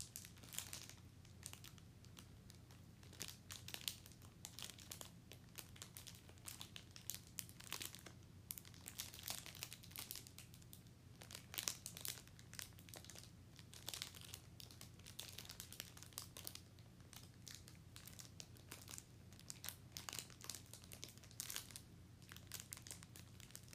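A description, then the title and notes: A snack wrapper crinkles and crackles almost without pause for the whole stretch, in dense, bright bursts that swell and thin irregularly. A low, steady hum sits underneath throughout. Dessert asmr • hostess snack and cake squishy. Snack wrapper and eating sounds.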